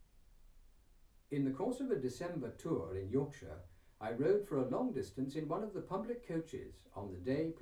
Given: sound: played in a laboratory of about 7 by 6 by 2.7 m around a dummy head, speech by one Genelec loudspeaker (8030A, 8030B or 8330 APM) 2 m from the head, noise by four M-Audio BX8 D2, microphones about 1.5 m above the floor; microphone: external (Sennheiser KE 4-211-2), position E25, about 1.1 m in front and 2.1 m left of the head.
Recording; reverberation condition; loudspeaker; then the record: male speech in English; low; 150 degrees to the right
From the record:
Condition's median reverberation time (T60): about 310 ms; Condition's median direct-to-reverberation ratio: about 3.5 dB